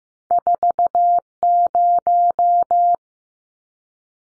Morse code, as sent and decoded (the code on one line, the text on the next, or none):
....- -----
40